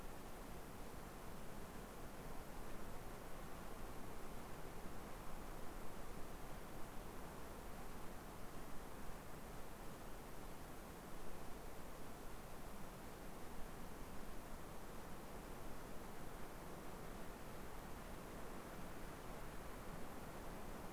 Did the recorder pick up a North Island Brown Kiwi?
no